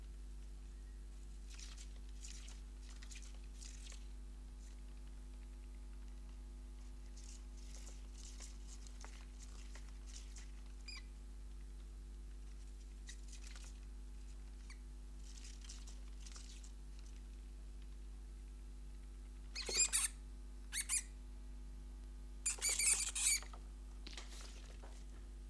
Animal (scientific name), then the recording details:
Microtus subterraneus. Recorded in captivity. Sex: female. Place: Wohnung, Berlin, DE. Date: 1988-09-18. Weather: Zimmertemperatur. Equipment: Tesla B 115, RFT DM 2415 (Originalband). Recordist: Frommolt, Karl-Heinz. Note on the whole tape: Laute beim paarweisen Zusammensetzen von zwei Männchen (Tier 1 und Tier 2). Wildfang aus Erzgebirge